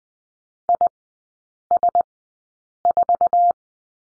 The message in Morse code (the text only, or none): IS4